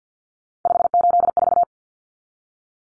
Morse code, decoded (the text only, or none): 584